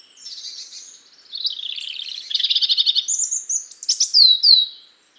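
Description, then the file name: European robin song, a varied high phrase of thin whistles and rapid trills, ending in two sweeping descending whistled notes. "Erithacus rubecula"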